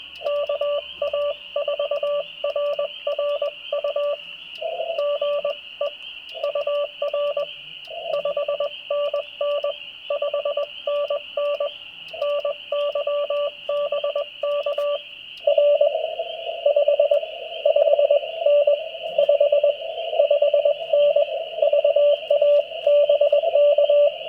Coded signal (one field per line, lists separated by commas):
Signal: Morse code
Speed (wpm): 20 wpm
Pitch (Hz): 580 Hz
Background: radio noise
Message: KA4RRU GE UR 5NN 5NN NY BK R 55N 55N VA BK